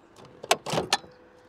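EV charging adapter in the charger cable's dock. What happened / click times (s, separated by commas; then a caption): The adapter latch clicked open and released from its dock / 0.5 s, 0.9 s. A charging adapter on a Supercharger "Magic Dock" cable, unlocked for a non-Tesla EV, releases from its dock with sharp clicks at 0.5 and 0.9 seconds. A faint tick at 0.4 seconds and a brief rustling burst between the two clicks surround them. The adapter comes free of the dock.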